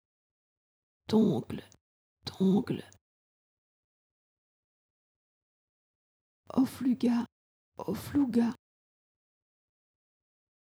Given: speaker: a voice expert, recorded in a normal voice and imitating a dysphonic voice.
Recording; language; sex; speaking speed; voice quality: pseudo-word pairs; French; female; normal speed; dysphonic voice